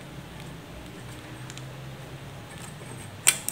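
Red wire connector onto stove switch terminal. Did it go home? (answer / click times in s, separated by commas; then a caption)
yes / 3.3 s. A red wire connector is pushed onto its terminal on the switch of a Modena BE 1325 electric stove. The stove is being worked on because it doesn't heat, or heats only briefly. After a low steady hum, the connector seats with a sharp click at 3.3 s, followed by a smaller tick just after, and someone talks.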